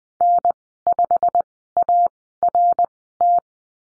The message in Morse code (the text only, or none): N5ART